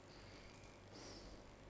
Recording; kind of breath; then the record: one breath in and out by a microphone near the nose and mouth; normal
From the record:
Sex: male